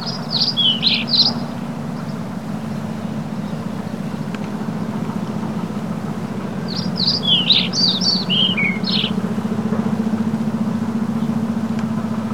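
Birds giving two bursts of quick high chirps and twitters, separated by a pause, above a continuous low humming rumble.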